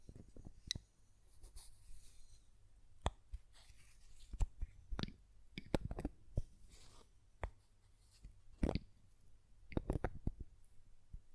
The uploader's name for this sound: Glass Perfume Bottle Tapping & Lid Sounds